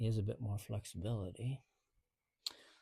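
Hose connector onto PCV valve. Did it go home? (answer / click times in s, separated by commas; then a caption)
yes / 2.5 s. Someone talks, then after a brief pause a hose fitting from the catch can system is pushed back onto the modified positive crankcase ventilation (PCV) valve. A single sharp click at 2.5 seconds shows the connector snapping and seating on the valve.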